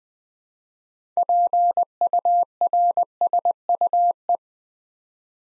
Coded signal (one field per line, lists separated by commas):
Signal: Morse code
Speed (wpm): 20 wpm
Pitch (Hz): 700 Hz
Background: none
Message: PURSUE